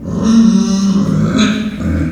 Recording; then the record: squeal of a Yucatan mini pig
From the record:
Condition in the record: after surgery on the right vocal fold (resection and tissue-engineered implant); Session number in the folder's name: 10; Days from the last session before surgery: 86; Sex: female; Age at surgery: 19 weeks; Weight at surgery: 25 kg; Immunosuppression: prednisolone